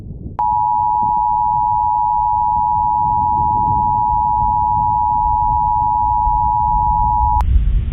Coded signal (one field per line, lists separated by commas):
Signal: Emergency Alert System (SAME) tones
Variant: 853 and 960 Hz attention tone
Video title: The South Bend Tornado: [EAS/Weather Mock]